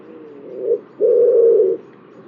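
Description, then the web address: Bird giving a low, hollow coo: a short note followed by a longer, steady one, over faint background hiss. "cianscape. Deverinetal. Bird Only"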